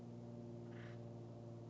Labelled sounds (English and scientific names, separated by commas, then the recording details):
Acorn Woodpecker (Melanerpes formicivorus)
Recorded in Sonoma County, California